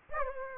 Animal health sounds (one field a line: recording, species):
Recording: mosquito wingbeat signal from an infrared sensor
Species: Aedes aegypti